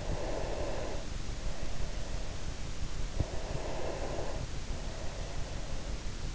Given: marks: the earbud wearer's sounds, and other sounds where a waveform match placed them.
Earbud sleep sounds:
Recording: sounds in sleep by an in-ear microphone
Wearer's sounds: breath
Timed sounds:
0.09-2.69 s: breath
3.19-5.66 s: breath

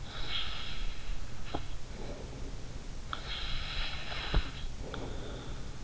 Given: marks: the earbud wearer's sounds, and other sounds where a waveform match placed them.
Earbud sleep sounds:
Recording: sounds in sleep by an in-ear microphone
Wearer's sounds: snoring breath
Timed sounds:
0.00-2.62 s: snoring breath
2.98-5.81 s: snoring breath

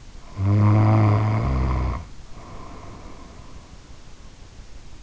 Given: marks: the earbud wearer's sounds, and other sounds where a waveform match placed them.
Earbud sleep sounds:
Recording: sounds in sleep by an in-ear microphone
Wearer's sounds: snoring breath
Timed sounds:
0.19-3.62 s: snoring breath

